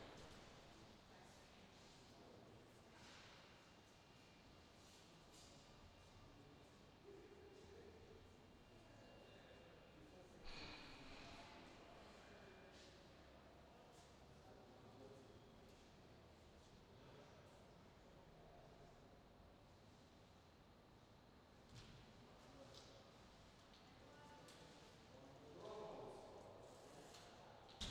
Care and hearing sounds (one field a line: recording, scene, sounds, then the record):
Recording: everyday scene through a hearing-aid microphone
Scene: reverberant space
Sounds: background noise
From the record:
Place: railway station hall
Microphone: in the ear canal, left